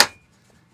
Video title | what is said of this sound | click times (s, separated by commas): The Van Build Out Continues!!! - I Did Something New With This Van... | but you'll see this little tab here it actually locks in place | 0.0 s